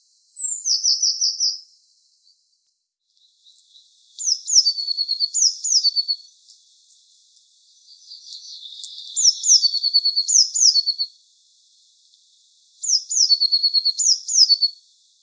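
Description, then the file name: Eurasian blue tit calls: a thin high descending note then a short buzzy trill, the phrase repeated several times with pauses between. "Cyanistes caeruleus"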